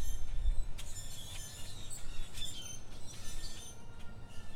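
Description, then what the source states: Birds chirping with quick, high tweets and short squeaky notes in irregular bursts, over a constant low hum. Birds recorded at a zoo in Miami.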